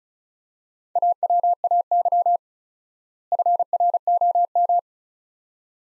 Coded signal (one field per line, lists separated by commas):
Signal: Morse code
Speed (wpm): 36 wpm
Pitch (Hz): 700 Hz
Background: none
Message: AWAY FROM